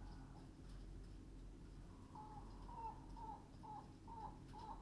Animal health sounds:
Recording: poultry house recording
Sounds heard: healthy chickens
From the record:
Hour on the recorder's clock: 21

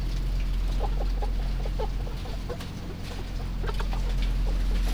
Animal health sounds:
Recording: poultry house recording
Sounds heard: healthy chickens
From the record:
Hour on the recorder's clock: 2

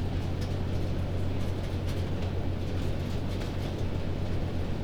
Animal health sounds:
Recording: poultry house recording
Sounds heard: no chicken sound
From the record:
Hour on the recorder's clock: 22

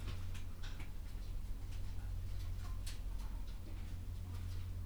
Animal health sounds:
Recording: poultry house recording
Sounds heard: sick chickens (respiratory disease)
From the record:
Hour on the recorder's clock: 11

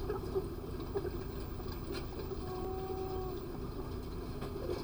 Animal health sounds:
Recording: poultry house recording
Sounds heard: sick chickens (respiratory disease)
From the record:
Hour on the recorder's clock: 22

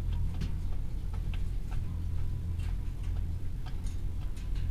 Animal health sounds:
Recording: poultry house recording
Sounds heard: healthy chickens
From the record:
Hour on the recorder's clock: 15

